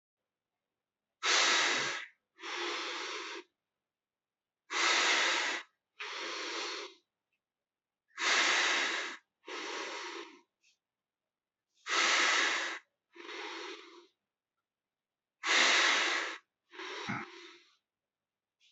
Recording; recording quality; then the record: deep breathing; excellent, no background noise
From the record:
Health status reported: healthy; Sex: male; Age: 23 years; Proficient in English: yes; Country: India